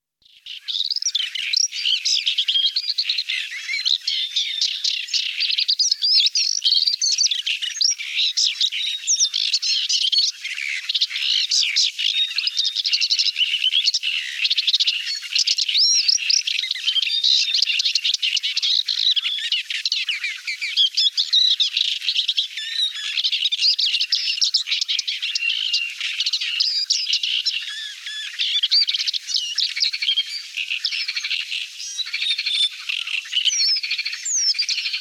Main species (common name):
Paddyfield Warbler